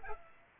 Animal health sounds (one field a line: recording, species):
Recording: mosquito wingbeat signal from an infrared sensor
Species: Aedes aegypti